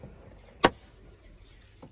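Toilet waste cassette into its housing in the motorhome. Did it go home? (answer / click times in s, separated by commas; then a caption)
yes / 0.6 s. An emptied portable toilet waste cassette is slid back into its slot in the motorhome and clicks home with a sharp, loud hit at 0.6 s, seated in place. A much fainter knock follows at 1.8 s over quiet background noise.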